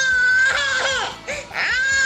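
baby crying

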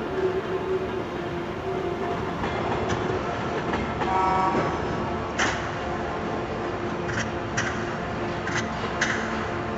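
train passing on rails

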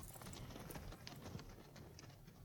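horses' hooves clip-clopping

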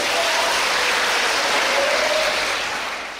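audience applause

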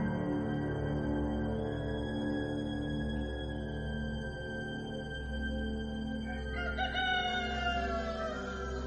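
rooster crowing

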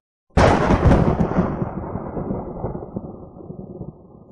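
thunder sound effect

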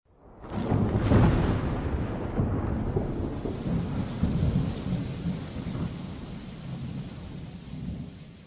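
thunderstorm with rain

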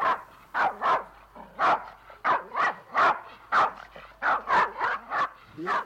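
puppy barking

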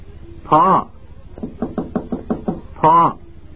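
knocking on a door

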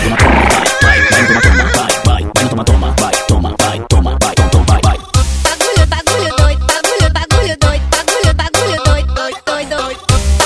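horse neighing

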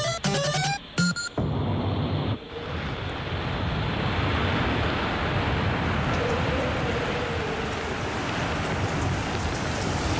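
rain

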